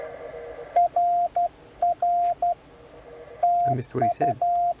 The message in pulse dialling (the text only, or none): none